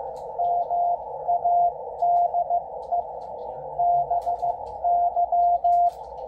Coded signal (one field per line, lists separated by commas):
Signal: Morse code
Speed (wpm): 15 wpm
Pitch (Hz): 700 Hz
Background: none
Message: MADE BY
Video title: W1AW Amateur station decoding Yaesu FTdx10 transceiver using attenuator and DNR 80 meters shortwave